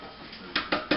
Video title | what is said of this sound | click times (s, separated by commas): Bench Presses on the Bowflex Blaze | bench this piece here to lock it in that's | 0.6 s